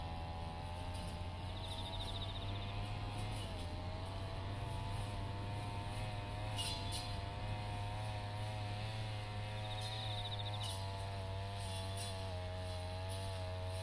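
A brush cutter runs steadily between sweet potato rows, its engine a constant buzzing drone whose pitch wavers slightly as it works. Autumn insects chirp high above it, with a sharper trill rising around seven and ten seconds.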